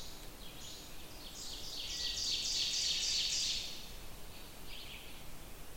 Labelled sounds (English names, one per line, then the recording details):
Ovenbird song
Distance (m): 50 m
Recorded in boreal forest in Alberta, Canada, on 28 June 2016 at 06:39
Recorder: SongMeter 3, array SBT-6-79
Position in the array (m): 49 m, 110 m
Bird 40